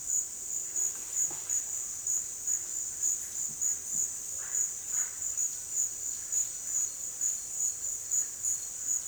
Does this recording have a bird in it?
no